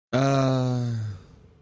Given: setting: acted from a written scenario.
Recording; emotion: vocal sound without words; confusion